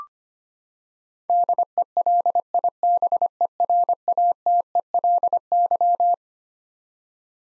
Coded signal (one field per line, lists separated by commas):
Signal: Morse code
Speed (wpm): 25 wpm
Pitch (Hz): 700 Hz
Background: none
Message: DELIBERATELY